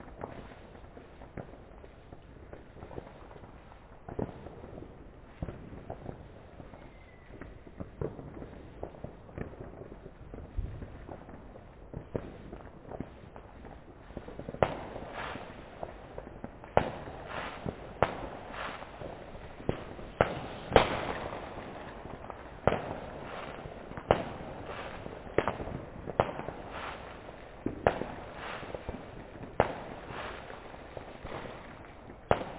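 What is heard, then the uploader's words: Fireworks go off all up and down a valley, a steady scatter of sharp cracks and thuds with no real pause. The first half is sparser and softer; from about fifteen seconds the bangs come denser and punchier, with faint voices underneath. This was Tübingen last new years eve: an impressively loud fireworks display all up and down the valley.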